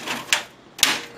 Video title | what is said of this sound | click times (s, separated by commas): Coolermaster HAF 932 Advanced Review - Shadow H2O Series | it does just click into place place now | 0.3 s, 0.8 s